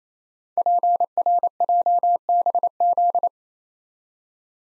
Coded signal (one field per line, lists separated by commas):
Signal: Morse code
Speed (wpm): 28 wpm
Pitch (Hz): 700 Hz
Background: none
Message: PRJBZ